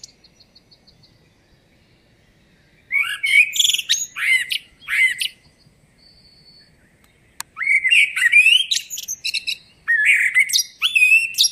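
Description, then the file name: Eurasian blackbird giving a thin series of high repeated ticks, then several warbled phrases. Each phrase mixes fluty slurs with squeaky, scratchy twitters. "Turdus merula"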